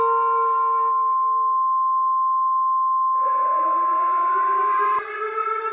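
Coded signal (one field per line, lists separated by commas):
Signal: Emergency Alert System (SAME) tones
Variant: 1050 Hz attention tone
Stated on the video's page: Fictional EAS scenario made for entertainment, about a meteor striking Diablo Canyon Power Plant in California.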